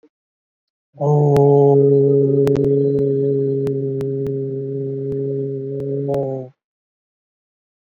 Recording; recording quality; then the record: sustained vowel as in boot; excellent, no background noise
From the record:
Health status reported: COVID-19 positive, moderate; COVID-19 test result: positive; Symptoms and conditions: cough, breathing difficulty, fever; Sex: male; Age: 42 years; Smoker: not ticked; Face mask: not worn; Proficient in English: yes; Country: India